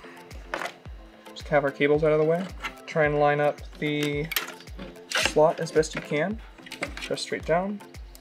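A graphics card is lined up with its PCIe slot in a Puget Systems Intel Dragon Canyon NUC (NUC12DCMi9), with the cables moved out of the way, and is pushed straight down while someone talks over a steady background beat. A few brief handling knocks are heard, and the clip ends before the card goes home: its retention clip has not yet clicked locked, and nothing has seated.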